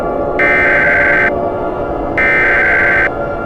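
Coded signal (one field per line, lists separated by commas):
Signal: Emergency Alert System (SAME) tones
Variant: header bursts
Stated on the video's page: Fictional EAS scenario; contains valid tones.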